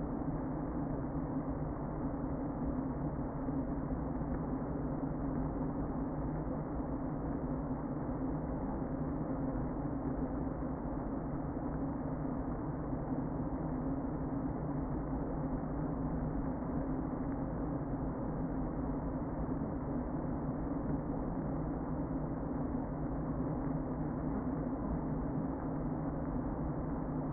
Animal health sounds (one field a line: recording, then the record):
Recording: honeybee colony, microphone inside the hive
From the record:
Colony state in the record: queen present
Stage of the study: before two queens were removed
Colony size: about 60,000 bees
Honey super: yes